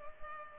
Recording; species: mosquito wingbeat signal from an infrared sensor; Culex pipiens